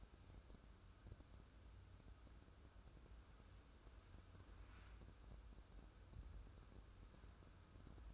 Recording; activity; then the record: daily activity, microphone in the room; wipe stove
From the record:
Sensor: 2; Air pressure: 1015.0 hPa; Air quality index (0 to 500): 53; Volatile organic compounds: 1 ppm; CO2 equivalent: 654 ppm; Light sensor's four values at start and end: 13/35/14/15 and 13/35/14/15